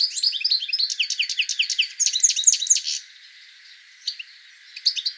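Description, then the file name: European goldfinch song, a dense run of bright twittering notes for three seconds, then a lull broken by a few short chirps. "Carduelis carduelis"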